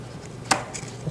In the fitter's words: and it should be just one way for those to go on there it's going to snap into place